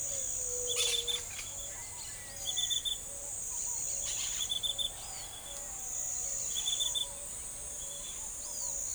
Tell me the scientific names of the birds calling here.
Brotogeris jugularis, Zenaida auriculata